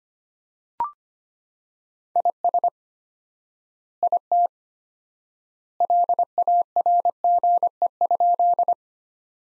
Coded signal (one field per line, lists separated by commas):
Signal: Morse code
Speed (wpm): 25 wpm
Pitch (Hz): 700 Hz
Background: none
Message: IS IT LARGE?